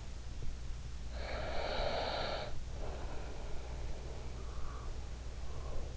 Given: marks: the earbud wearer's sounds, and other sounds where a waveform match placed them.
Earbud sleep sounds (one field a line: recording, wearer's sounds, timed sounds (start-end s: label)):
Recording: sounds in sleep by an in-ear microphone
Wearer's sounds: breath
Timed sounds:
0.94-5.97 s: breath